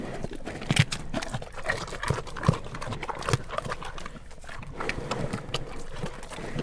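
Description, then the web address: Brown bear eating: irregular crunching and smacking clicks, with a few heavier low thumps, the strongest about two and a half seconds in. Brown bears eating at Jászberény Zoo in 2016, recorded with the microphone in front of the bear's nose. "allathangok jaszberenyizoo 2016 professzionalis barnamedve esznekabarnamedvek orrukelottamikrofon"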